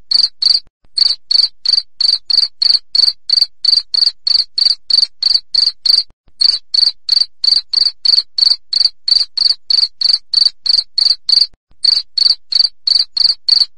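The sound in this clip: Cricket song, a long steady sequence of high, ringing chirps about three per second, with a few short pauses.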